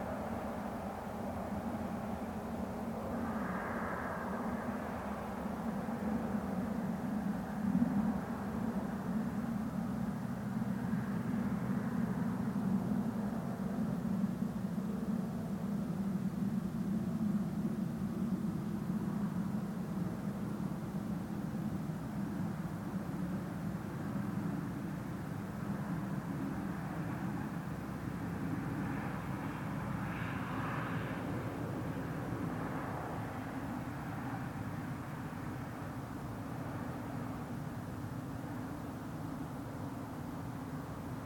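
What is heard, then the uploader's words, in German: A steady low rumble of distant road traffic over an evening meadow, with soft swells of passing vehicles near the start and around thirty seconds. Wiese am Abend, leichter Wind, Straße in der Ferne.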